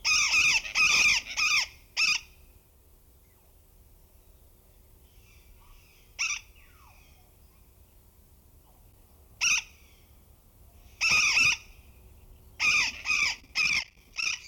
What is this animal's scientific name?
Cyanoliseus patagonus